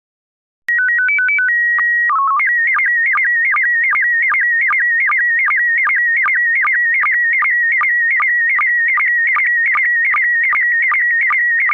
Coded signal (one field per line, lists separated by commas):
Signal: SSTV (slow-scan television)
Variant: PD 50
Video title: Slow Scan Radio, August 8, 2018, Ep. 3